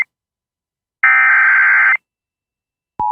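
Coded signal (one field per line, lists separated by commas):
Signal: Emergency Alert System (SAME) tones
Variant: header bursts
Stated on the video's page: SAME tones of a tornado alert.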